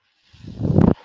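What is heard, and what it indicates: A short, low, rushing whoosh builds over about half a second and then cuts off sharply. It is the airflow of a home mechanical ventilator delivering a breath, heard between the user's sentences.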